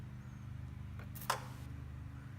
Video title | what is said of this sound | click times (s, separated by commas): Tommy Twin Chins | that little clicking noise that's a good sign that means we got some some good connections now | 1.3 s